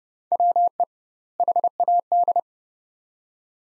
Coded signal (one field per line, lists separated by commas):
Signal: Morse code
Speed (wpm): 32 wpm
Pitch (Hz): 700 Hz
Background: none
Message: WE HAD